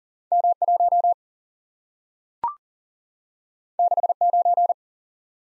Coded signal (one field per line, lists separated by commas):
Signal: Morse code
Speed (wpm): 38 wpm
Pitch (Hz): 700 Hz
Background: none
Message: M1 69